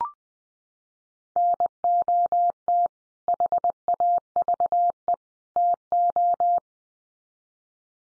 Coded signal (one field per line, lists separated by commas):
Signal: Morse code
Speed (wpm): 20 wpm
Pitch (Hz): 700 Hz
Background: none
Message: NOT HAVE TO